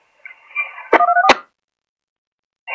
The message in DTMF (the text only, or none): 1234